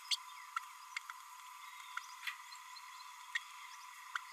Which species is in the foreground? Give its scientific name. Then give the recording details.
Forpus passerinus. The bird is a male. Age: 29 days. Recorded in a nest box in Venezuela. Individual 17B32A6